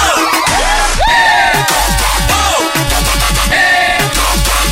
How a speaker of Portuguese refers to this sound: Põe a mãozinha pra cima e grita. Ei, bonito. Bate palma, bate palma, bate palma.